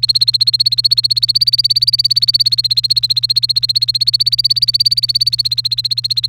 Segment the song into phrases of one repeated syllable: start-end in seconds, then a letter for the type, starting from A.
0.00-6.27 A